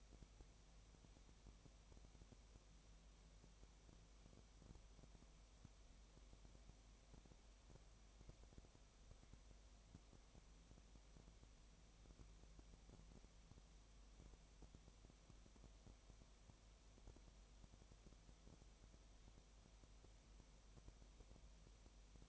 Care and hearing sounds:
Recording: daily activity, microphone in the room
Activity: no activity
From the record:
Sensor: 1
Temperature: 19.7 degrees Celsius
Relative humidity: 37.1%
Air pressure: 1007.2 hPa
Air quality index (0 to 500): 145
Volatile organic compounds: 5 ppm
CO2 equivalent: 1764 ppm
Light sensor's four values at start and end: 1/2/1/1 and 1/2/1/1

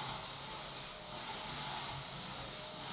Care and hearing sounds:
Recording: daily activity, microphone in the room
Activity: vacuum cleaning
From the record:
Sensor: 3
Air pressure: 1002.0 hPa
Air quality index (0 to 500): 248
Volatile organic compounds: 52 ppm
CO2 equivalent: 3321 ppm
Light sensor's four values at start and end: 12/36/16/13 and 12/36/16/13

